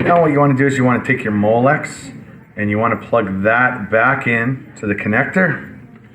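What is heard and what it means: Someone talks while handling the fan motor's Molex plug during maintenance of a WhisperGreen Select FV-0511VKS2 series bathroom exhaust fan, getting ready to push it back into its connector. Nothing has seated or clicked yet; only speech is heard.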